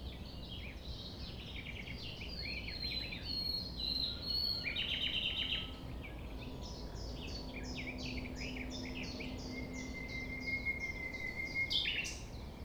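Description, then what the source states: Common nightingale song, varied twittering phrases, a rapid run of repeated notes, then a long pure whistle near the end, with other birds and low rumble. Recorded at 6 a.m. at sunrise near the Thève, Champ de Ménage; the nightingale sings without waiting for silence.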